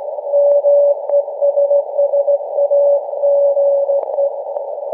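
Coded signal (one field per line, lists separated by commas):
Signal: Morse code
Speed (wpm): 16 wpm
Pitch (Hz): 570 Hz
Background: none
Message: MESSAGE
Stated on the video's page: Annual Christmas Morse message from SAQ Grimeton's Alexanderson Alternator on 17.2 kHz VLF, received with RSP1A SDR and Miniwhip antenna.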